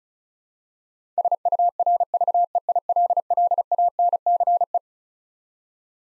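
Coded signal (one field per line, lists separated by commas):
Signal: Morse code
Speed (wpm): 36 wpm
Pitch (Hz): 700 Hz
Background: none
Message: SURVEILLANCE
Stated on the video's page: Twelve-letter word head-copy practice at 35 wpm, each word sent in Morse twice.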